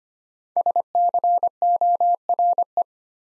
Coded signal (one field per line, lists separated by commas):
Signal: Morse code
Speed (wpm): 25 wpm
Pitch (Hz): 700 Hz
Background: none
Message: SCORE